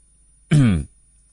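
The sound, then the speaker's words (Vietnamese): A single short, deliberate, affected throat clearing, a light feigned cough, a voiced "ahem" with a falling pitch, lasting about a third of a second against silence. “Bồ yêu làm bộ làm tịch ho nhẹ một tiếng rồi mới chậm rãi nói”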